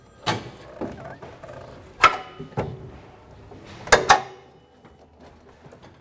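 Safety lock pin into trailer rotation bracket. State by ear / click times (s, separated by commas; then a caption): seated / 3.9 s. After the safety latch is unlocked and its pin pulled out, an ALPR trailer is rotated on its rotation bracket, with scattered knocks and thunks as it moves. A sharp metallic clack at 3.9 s, followed by a second at about 4.1 s, marks the spring-loaded steel safety pin dropping into the bracket and seating, locking the trailer in position.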